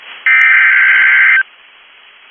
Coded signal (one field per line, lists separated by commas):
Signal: Emergency Alert System (SAME) tones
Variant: header bursts